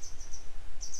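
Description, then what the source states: Grey wagtail calling with thin, very high notes, about five short level chips in quick irregular succession over a low rumble. A pair of grey wagtails still searching for their young; follow-up report.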